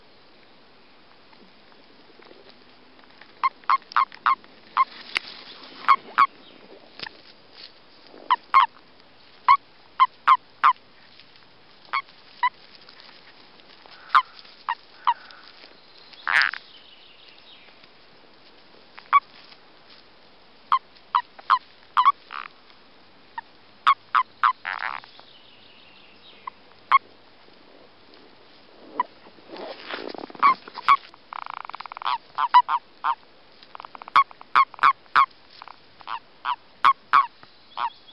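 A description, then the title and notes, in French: Common toads calling during breeding, with short bursts of quick, clipped, mid-pitched croaks repeating every few seconds throughout. Between bursts there is a faint steady hiss, and brief rougher rustling or splashing noises appear around 6, 25 and 30 seconds. Reproduction du Crapaud commun.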